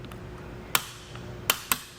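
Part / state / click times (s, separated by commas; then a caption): roof rack tower tightening knob on a flush side rail clamp / torque reached / 0.8 s, 1.5 s, 1.7 s. The tightening knob on a Yakima RidgeLine roof rack tower is turned down onto its flush side rail clamp for a 2017 Toyota RAV4. Over a quiet background, three sharp plastic clicks ring out at 0.8, 1.5 and 1.7 seconds. This is the knob's built-in torque limiter clicking at its setting, confirming the clamp is tightened.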